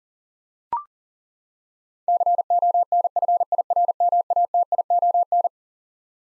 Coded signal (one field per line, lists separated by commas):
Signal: Morse code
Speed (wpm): 40 wpm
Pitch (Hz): 700 Hz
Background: none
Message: CONFIRMATION